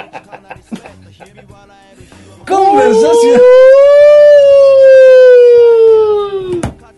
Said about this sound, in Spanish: ¡Alarma de nombre de episodio!